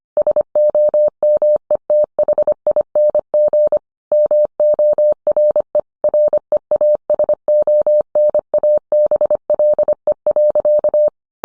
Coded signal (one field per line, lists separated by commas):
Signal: Morse code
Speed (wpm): 25 wpm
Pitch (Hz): 600 Hz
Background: none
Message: SOMETHING MORE REASONABLE.